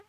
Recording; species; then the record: mosquito flight sound by mobile phone; Aedes sierrensis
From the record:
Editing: cut to the mosquito's sound